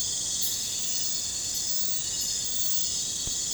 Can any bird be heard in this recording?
no